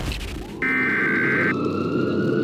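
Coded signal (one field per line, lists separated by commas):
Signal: Emergency Alert System (SAME) tones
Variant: header bursts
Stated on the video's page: Fictional EAS scenario.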